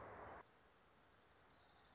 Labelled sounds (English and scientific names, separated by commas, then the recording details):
Orange-crowned Warbler (Leiothlypis celata)
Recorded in Sonoma County, California